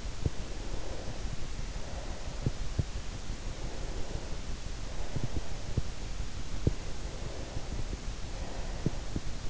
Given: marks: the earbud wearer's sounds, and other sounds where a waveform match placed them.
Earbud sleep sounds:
sounds in sleep by an in-ear microphone; breath
0.34-3.01 s: breath
3.72-5.93 s: breath
6.84-9.50 s: breath

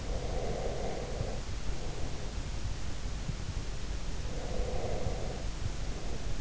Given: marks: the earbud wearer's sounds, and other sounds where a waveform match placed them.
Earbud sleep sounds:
sounds in sleep by an in-ear microphone; breath
0.07-2.41 s: breath
4.33-6.41 s: breath

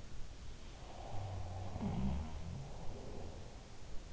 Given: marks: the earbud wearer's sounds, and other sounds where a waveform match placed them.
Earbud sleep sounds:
sounds in sleep by an in-ear microphone; breath
0.61-4.13 s: sound from someone else or the room
0.87-4.12 s: breath

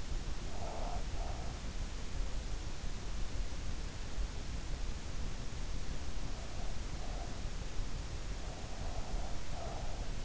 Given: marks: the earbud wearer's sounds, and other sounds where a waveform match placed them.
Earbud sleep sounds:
sounds in sleep by an in-ear microphone; breath
0.00-2.01 s: breath
8.36-10.25 s: breath

